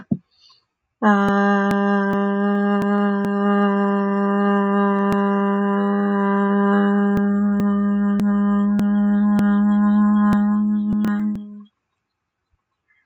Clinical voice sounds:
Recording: vowel held as long as possible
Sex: female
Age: 20 to 29 years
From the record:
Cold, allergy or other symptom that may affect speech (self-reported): no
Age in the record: 26 years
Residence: Florida, United States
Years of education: 12

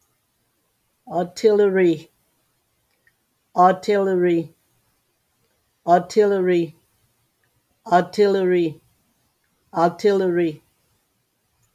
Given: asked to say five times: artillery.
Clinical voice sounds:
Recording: repeated word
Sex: female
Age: 60 to 69 years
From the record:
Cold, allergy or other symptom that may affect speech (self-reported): no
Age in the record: 67 years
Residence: South Carolina, United States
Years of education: 14

